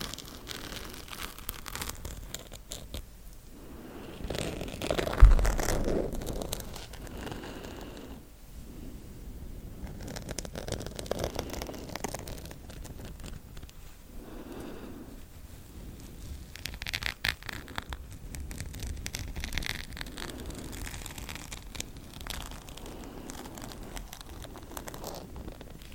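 Super slow scratching drawn out in long, soft strokes, each swelling and fading over a few seconds with a papery, crinkly grain. The strokes come unevenly, with a sharper scrape near five seconds, and quieter rustling fills the gaps between them.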